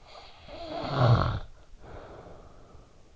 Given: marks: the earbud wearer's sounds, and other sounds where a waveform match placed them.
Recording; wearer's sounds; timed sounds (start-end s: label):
sounds in sleep by an in-ear microphone; snoring breath
0.02-3.16 s: snoring breath